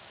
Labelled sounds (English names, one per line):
Magnolia Warbler flight call